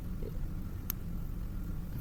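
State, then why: Seated. The head and hair piece of a knockoff Spider-Gwen S.H.Figuarts action figure from Spider-Man: Across the Spider-Verse are pressed onto the plastic figure's neck joint over a steady low rumble. A single short, sharp click rings out at 0.9 s as the head snaps into place. It seats firmly and is not loose.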